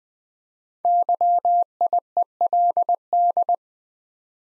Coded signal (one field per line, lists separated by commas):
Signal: Morse code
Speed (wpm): 20 wpm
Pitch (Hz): 700 Hz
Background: none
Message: YIELD